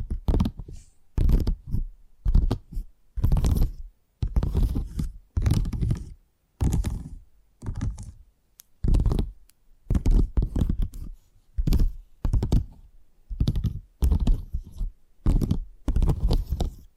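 Tapping triggers play in short clustered bursts of quick taps, each burst lasting about half a second to a second, separated by brief silences throughout. The taps are dull and knocking with a deep thud underneath, resembling keyboard typing, with a few sharper clicks.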